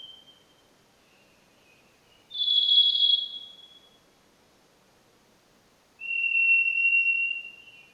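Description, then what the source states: Varied Thrush song of separate long notes: a rich buzzy whistle, silence, then a lower, steady whistled tone, each held over a second. Played back as a mystery sound; song of separate notes likened to someone practicing an oboe.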